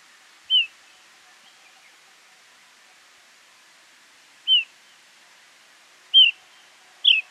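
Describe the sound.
Bushchat calls: four short, sharp chirps, spaced irregularly with long quiet gaps between them.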